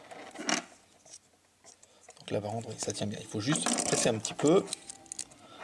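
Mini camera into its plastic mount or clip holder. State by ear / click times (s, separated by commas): seated / 5.1 s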